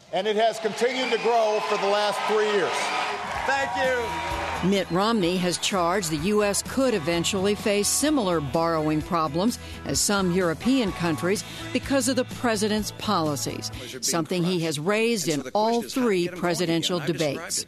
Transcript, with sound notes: and it has continued to grow for the last three years.
(CHEERING AND APPLAUSE) Thank you.
Mitt Romney has charged the U.S. could eventually face similar borrowing problems as some European countries because of the president's policies, something he's raised in all three presidential debates.